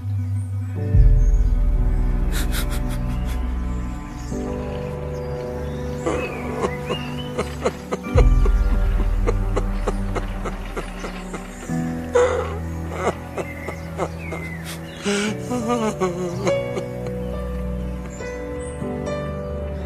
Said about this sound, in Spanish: Y mirando al cielo, no puede contener el llanto.